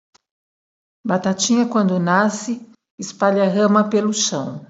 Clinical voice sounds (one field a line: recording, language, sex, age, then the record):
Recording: short text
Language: Brazilian Portuguese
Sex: female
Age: 40 to 49 years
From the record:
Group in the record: control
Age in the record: 49 years